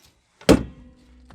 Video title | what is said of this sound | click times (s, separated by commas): Tour Of My Lifted Mitsubishi Delica L400 | it locks down once it locks into place just | 0.5 s